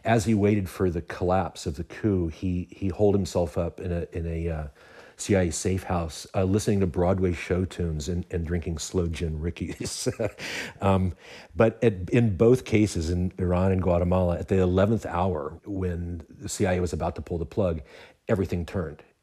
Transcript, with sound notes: As he waited for the collapse of the coup, he holed himself up in a CIA safehouse, listening to Broadway show tunes and drinking sloe gin rickeys (laughter).
But in both cases - in Iran and Guatemala - at the 11th hour, when the CIA was about to pull the plug, everything turned.